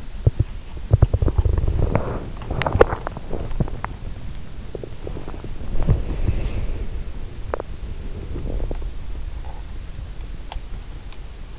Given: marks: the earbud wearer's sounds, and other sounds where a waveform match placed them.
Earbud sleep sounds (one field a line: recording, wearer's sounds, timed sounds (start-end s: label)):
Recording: sounds in sleep by an in-ear microphone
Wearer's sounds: teeth grinding, body movement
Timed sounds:
0.00-5.13 s: teeth grinding
5.13-7.47 s: body movement
7.47-11.59 s: teeth grinding